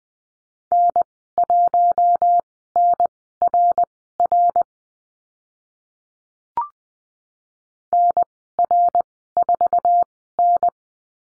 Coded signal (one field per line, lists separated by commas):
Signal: Morse code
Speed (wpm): 20 wpm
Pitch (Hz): 700 Hz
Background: none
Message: N1NRR NR4N